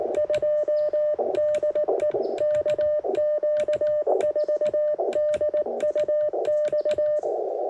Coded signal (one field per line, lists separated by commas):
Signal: Morse code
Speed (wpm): 18 wpm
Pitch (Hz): 600 Hz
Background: none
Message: 2 DE KQ4DUX